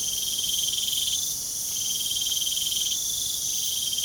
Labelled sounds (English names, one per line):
none